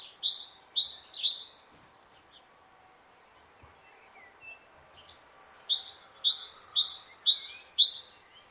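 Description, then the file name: Great tit singing a clipped two-note phrase repeated rapidly, one short burst at the start, then a quiet gap, then a longer run of the same phrase. "Parus major"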